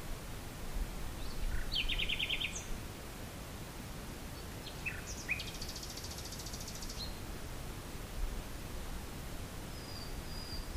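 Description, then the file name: Common nightingale song, with a rapid trill of repeated notes, then a buzzy rattling phrase and brief thin whistles, over steady background hiss. "usignolo"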